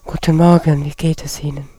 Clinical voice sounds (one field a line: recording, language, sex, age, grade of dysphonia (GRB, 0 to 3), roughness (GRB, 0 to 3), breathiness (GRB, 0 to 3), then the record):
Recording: spoken sentence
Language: German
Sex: female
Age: 60 to 69 years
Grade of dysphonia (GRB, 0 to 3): 2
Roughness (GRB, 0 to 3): 0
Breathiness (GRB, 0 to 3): 2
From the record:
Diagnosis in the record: recurrent laryngeal nerve paralysis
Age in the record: 61 years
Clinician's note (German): Schlaff, rechts, nicht kompensiert